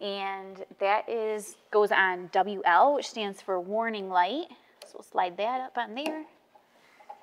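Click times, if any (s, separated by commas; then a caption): 6.6 s, 7.1 s. A wire's push-on spade terminal is slid onto the WL (warning light) post of a voltage regulator on a Ford 2000, 3000 or 4000 3-cylinder tractor while someone talks. Near the end, after the talking stops, two short snaps are heard at about 6.6 and 7.1 seconds as the terminal seats in place, which is the sound that should be heard.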